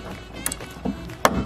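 On an E36 BMW with an S54 swap, car door window glass is lined up with the window regulator clips and pushed in by hand. A few faint ticks and soft knocks come first, then the clip snaps home with one sharp, loud click at 1.3 s. The glass is seated in the regulator.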